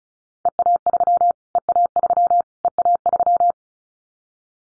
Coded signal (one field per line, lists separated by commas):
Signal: Morse code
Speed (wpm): 34 wpm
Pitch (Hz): 700 Hz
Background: none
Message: EA3 EA3 EA3